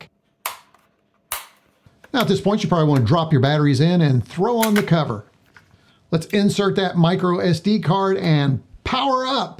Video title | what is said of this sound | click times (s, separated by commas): Clockwork Pi DevTerm - TRS-80 Model 100 Inspired Cyberdeck! | this is pretty easy you just simply find the little connectors and snap it into place and then fold it up until you hear a click | 0.5 s, 1.3 s